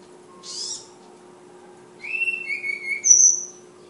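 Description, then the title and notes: Flowerpecker song: a short buzzy burst, then thin, high, level whistles stepping upward to a sharp piercing final note, over a low steady hum. Bird named Ababil, from Kudus; local names tledekan and sulingan. "Tledekan/Sulingan ABABIL. Suara Burung Tledekan Ababil dari Kudus"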